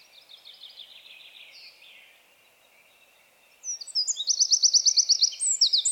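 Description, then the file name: Eurasian wren: a soft, fading trill at first, a short pause, then a loud burst of rapid, high, rattling trills and sharp notes. "Troglodytes troglodytes"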